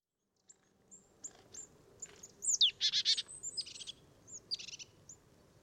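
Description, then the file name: Marsh tit giving high thin calls followed by a burst of buzzy, scratchy notes, then more scattered high call notes. "Poecile palustris"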